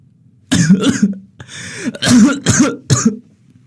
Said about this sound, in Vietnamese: Bố tôi giận quá, lại lên cơn ho khụ khụ.